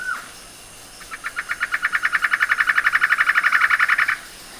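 Bird giving a brief downslurred note, then a rapid run of short repeated notes, growing louder before stopping abruptly.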